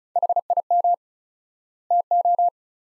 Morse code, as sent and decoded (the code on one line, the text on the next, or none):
.... .. -- / - ---
HIM TO